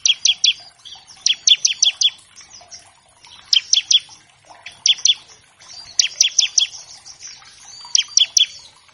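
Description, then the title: Bar-winged Prinia song: rapid clusters of three to five bright, piercing chips in close succession, over low background twitter. Master track of an actively singing (gacor) ciblek, used as a lure to train captive birds of all kinds and prompt them to sing quickly. "Masteran Ciblek Gacor Vs Kenari Gacor Untuk Masteran Semua Jenis Burung. Pancingan Ciblek bahan agar cepat bunyi. Burung Ciblek"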